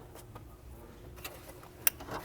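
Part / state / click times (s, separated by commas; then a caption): wiring connector onto mass airflow sensor / seated / 1.9 s. An electrical wiring connector is pushed onto the mass airflow sensor of a BMW N55 engine in a 2010–2013 BMW E82/E88 135i/135is. A few faint ticks and handling noises come before one sharp, bright click at 1.9 s as the connector seats, followed by a brief softer rustle. The connector is confirmed clicked in place.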